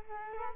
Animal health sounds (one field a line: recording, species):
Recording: mosquito wingbeat signal from an infrared sensor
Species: Culex quinquefasciatus